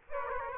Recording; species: mosquito wingbeat signal from an infrared sensor; Aedes aegypti